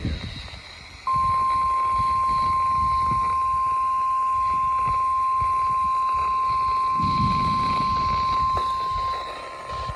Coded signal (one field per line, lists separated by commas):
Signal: Emergency Alert System (SAME) tones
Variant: 1050 Hz attention tone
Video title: Day And Night - EAS Alerts from 8/29/24 || EAS 1,440-1,448